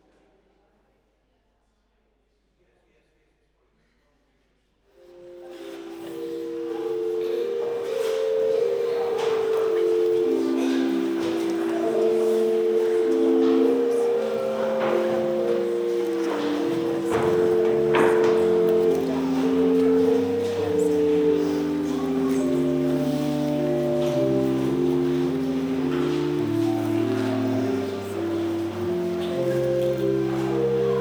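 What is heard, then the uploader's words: After about five seconds of near silence, a choir with the organ and the congregation singing begins and carries on steadily to the end. Long held chords shift every few seconds at an even, unhurried pace, the lower parts moving beneath, with small scattered clicks and shuffling underneath. The choir with the organ, and the congregation singing.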